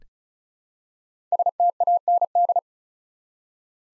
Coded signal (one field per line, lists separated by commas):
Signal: Morse code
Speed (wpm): 36 wpm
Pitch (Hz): 700 Hz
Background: none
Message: STAND